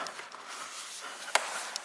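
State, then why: Seated. Plastic retaining clips on an aftermarket dash screen trim piece are lined up and pressed into a Cybertruck dashboard. Under a low background hiss, a sharp snap sounds at 1.4 s and a second, softer snap at 1.8 s. The clips snap home and the trim piece is seated.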